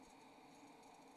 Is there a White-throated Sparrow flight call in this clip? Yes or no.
no